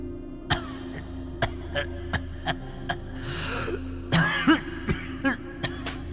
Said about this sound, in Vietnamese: Vừa chạy vừa gào thét, đằng sau là tiếng vó trâu chạy hùng hục, tiếng trâu thở phì phì, và cả tiếng bố của hai ông ấy đang ho khổ khổ vọng lại.